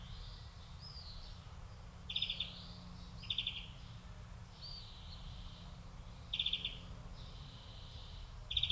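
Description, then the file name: European greenfinch calls as brief buzzy trills with faint wheezy notes between them against steady low noise. "Chloris chloris"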